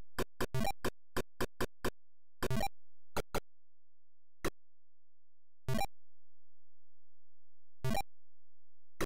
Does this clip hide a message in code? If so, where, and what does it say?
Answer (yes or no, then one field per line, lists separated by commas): no